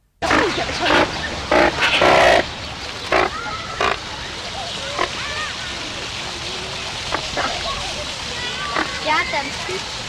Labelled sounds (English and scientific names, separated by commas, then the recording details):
Great White Pelican (Pelecanus onocrotalus) aggressive call
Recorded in captivity
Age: adult
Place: Zoo Berlin, Berlin, DE
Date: 1990-04-26 15:16
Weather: fair, 14°C
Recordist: Tembrock, Günter